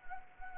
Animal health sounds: mosquito wingbeat signal from an infrared sensor; Anopheles gambiae

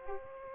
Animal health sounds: mosquito wingbeat signal from an infrared sensor; Aedes aegypti

